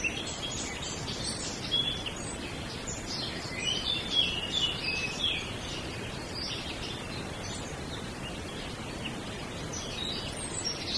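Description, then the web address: Birds chirp faintly and continuously, with many thin high twittering notes partly buried in a steady rushing background noise. Small birds in a wood. "audio bosco Uccellini bosco e moscone"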